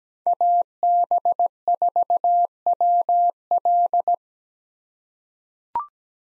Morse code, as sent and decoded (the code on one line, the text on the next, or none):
.- -... ....- .-- .-..
AB4WL